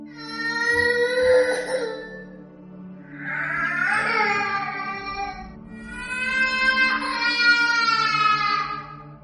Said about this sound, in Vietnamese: Chỉ nghe thấy phía bên ngoài dường như có tiếng trẻ con khóc.